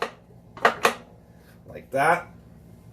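A removable attachment is handled as it is put back onto a Milwaukee 6494 10-inch Magnum compound miter saw, with a brief tap at the start and two sharp knocks around 0.7 and 0.9 seconds. Someone then talks briefly. The part has not seated or clicked into place yet when the clip ends.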